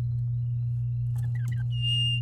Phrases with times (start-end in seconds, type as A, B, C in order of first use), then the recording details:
1.35-1.63 A, 1.71-2.21 B. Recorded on 9 May 2018 at 12:55. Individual llb16